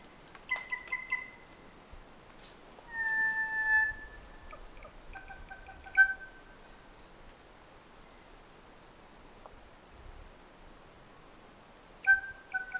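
Kokako: kōkako song: sparse, rich whistled notes, some held long and sliding, others short, over a soft hiss of background noise.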